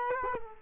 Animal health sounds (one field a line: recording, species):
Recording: mosquito wingbeat signal from an infrared sensor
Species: Culex quinquefasciatus